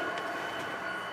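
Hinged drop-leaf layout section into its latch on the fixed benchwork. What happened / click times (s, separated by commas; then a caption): No latch click yet; the hinged section has not locked / none. The hinged drop-leaf section of a model railroad layout is handled as it is swung up toward its latch on the fixed benchwork to bridge the doorway. A steady, even hiss and hum with faint soft swishes near 0.2 and 0.6 seconds fills the clip. Nothing has seated or latched yet.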